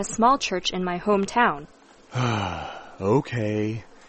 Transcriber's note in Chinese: Sigh